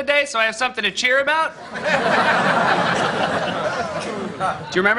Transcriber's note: laughter